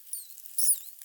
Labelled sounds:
Hazel Dormouse (Muscardinus avellanarius) call

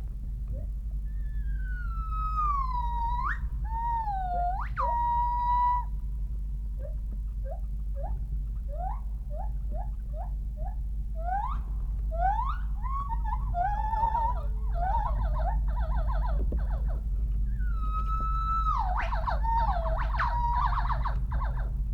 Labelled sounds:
Northern White-cheeked Gibbon (Nomascus leucogenys)

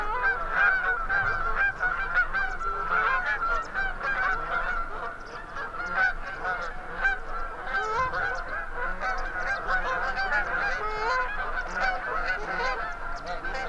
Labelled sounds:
Canada Goose (Branta canadensis) call

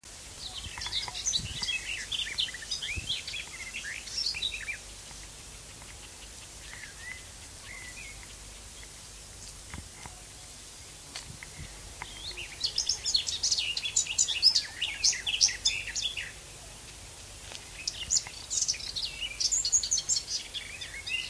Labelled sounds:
Garden Warbler (Sylvia borin) song

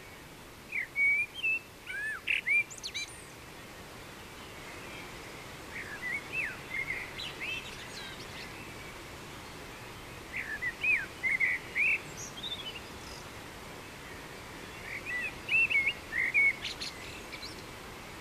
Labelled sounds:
Common Blackbird (Turdus merula) song

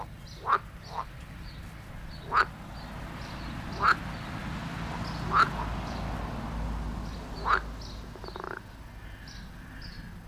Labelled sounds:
Edible Frog (Pelophylax esculentus) call

